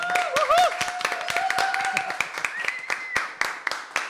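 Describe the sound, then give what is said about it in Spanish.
Applause in a radio studio at the start of a program: loud, irregular clapping from several people runs for about four seconds, with sustained cheering voices rising and sliding in pitch over the first half. “Un poquito de ansiedad, estuvimos, pero bueno, la verdad que ha sido mucho trabajo estar hoy acá y me parece que nos merecemos un aplauso.”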